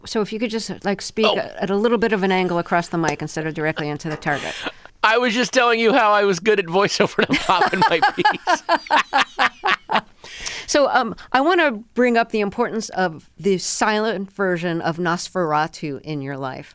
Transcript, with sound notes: So if you could just, like, speak at a little bit of an angle across the mic instead directly into the target...
I was just telling you how I was good at voice-over and I'm popping my p's.
(LAUGHTER)
So I want to bring up the importance of the silent version of "Nosferatu" in your life.